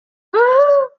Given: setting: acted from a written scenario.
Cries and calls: vocal sound without words; negative surprise

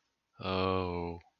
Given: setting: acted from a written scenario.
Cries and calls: vocal sound without words; contentment

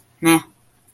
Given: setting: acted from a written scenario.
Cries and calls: vocal sound without words; neutral

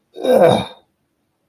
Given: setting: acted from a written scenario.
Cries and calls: vocal sound without words; disgust

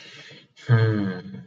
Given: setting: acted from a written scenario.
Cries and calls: vocal sound without words; contentment

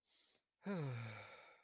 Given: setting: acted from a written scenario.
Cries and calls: vocal sound without words; guilt

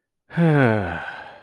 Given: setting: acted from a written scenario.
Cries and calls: vocal sound without words; contentment

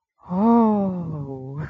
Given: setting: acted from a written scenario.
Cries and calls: vocal sound without words; positive surprise

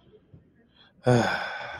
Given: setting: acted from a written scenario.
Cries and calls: vocal sound without words; pride

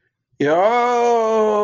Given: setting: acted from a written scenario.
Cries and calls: vocal sound without words; negative surprise

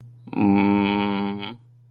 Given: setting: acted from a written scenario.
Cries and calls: vocal sound without words; guilt

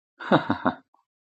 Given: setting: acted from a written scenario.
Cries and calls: vocal sound without words; amusement

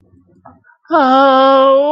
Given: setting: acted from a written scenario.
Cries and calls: vocal sound without words; distress

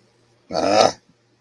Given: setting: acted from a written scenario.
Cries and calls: vocal sound without words; anger

